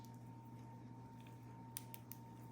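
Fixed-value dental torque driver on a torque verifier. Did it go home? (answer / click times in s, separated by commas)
yes / 1.8 s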